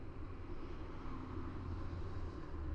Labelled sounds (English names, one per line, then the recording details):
none
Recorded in Germany
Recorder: ecoPi